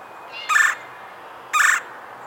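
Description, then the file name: Red-bellied Woodpecker giving two short, harsh, rolling calls about one second apart against a quiet background. "Melanerpes carolinus - Red-bellied Woodpecker"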